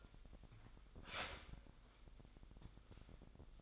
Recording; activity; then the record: daily activity, microphone in the room; start toaster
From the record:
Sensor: 5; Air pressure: 1002.1 hPa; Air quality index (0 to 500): 206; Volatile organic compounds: 19 ppm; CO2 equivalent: 2667 ppm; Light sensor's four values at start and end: 33/108/41/43 and 33/107/41/43